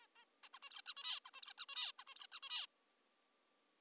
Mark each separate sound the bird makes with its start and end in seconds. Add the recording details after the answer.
0.02-0.07, 0.16-0.25, 0.44-0.49, 0.54-0.59, 0.63-0.70, 0.71-0.82, 0.86-0.94, 0.97-1.20, 1.26-1.30, 1.34-1.41, 1.42-1.53, 1.58-1.65, 1.69-1.92, 1.99-2.04, 2.08-2.14, 2.16-2.27, 2.32-2.40, 2.43-2.66. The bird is an adult. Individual g19o3U